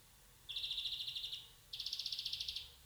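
European greenfinch uttering a pair of quick rattling trills, each made of rapid evenly spaced notes.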